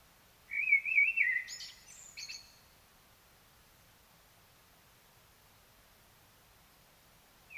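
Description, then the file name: Common blackbird song: a low, fluted warble of mellow whistles lasting about two seconds, ending in a thin, high squeaky twitter, then quiet with a brief note at the end. "Turdus merula"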